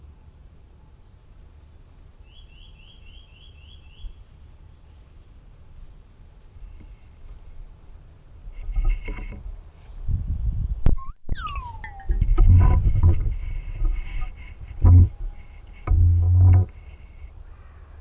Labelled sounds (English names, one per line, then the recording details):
Common Firecrest call
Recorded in the wild
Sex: male
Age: adult
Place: Freiburg, Baden-Württemberg, DE
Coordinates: 47.9842, 7.87667
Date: 1960-03-23
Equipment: Vollspur
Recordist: Thielcke, Gerhard